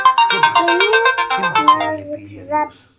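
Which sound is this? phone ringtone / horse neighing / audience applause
phone ringtone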